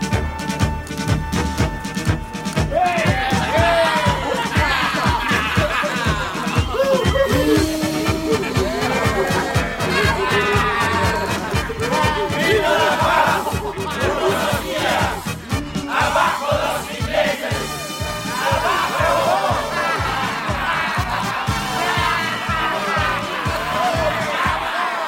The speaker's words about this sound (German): Klingt nicht wie ein Willkommen. Was bedeutet dieses Geschrei?